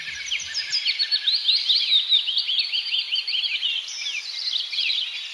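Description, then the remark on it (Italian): A dense, continuous chorus of bright, high-pitched bird chirps and twitters, rapid overlapping tweets sustained at a steady moderate loudness with no voices. “Il cinguettio di Twitter, Twitter ha un prezzo di collocamento.”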